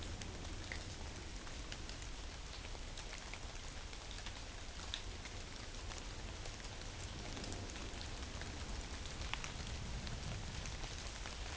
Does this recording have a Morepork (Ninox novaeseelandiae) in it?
no